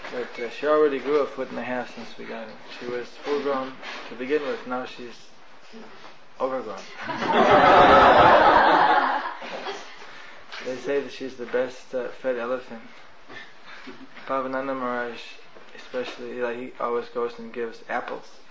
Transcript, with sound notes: but she already grew a foot and a half since we got it, she was full grown to begin with, now she is overgrown. (Everyone laughs) They say that she is the best-fed elephant. Bhavananda Maharaja, especially, he always goes and gives apples,